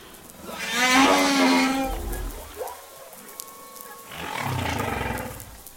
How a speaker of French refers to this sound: et d'extraire ces sous-phrases ou phrases, et qui créent en fait le leitmotiv d'un chant qui dure entre 10 et 15-20 minutes. Et la baleine va répéter ça en boucle pendant une heure, deux heures, une journée, enfin, comme elle le sent, quoi.